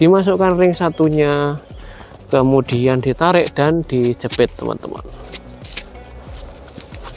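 Someone talks while threading the chin strap of a size M KYT Striker full-face motorcycle helmet through its double D-rings, pulling the strap end back and pressing its snap stud into the socket on the strap. After the talking, two short snap clicks are heard at about 6.8 s and 6.9 s as the button clicks shut and seats.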